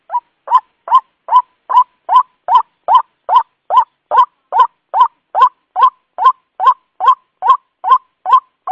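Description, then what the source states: White-breasted waterhen repeating one short rough rising note at a fast even pace, around two to three per second, for the whole stretch. Lure call used for attracting waterhens.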